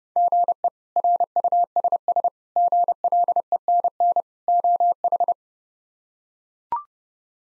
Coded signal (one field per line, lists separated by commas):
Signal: Morse code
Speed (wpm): 32 wpm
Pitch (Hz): 700 Hz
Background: none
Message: GE RUSS GLENN OH